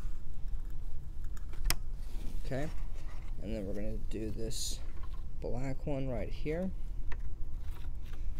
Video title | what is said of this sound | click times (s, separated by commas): Dell PowerEdge M630 Blade Server Review & Overview - Memory Install Tips - How to Configure DDR4 RAM | we're gonna pop this in here are the clicks okay | 1.7 s